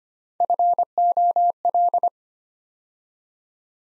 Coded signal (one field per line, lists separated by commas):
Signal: Morse code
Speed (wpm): 25 wpm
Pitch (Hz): 700 Hz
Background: none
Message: FOL